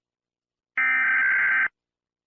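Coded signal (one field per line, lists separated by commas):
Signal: Emergency Alert System (SAME) tones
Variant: header bursts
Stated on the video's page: Fictional EAS scenario about a drone phobia outbreak.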